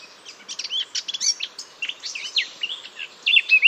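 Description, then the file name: Eurasian blackcap warbling: hurried scratchy twitters mixed with bright slurred whistles, closing on a louder clear fluty flourish. "Sylvia atricapilla"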